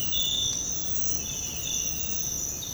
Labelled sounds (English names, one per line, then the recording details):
none
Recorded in secondary vegetation near Puerto Asís, Putumayo, Colombia, on 19 February 2024 at 06:00
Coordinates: 0.468, -76.324
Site G6381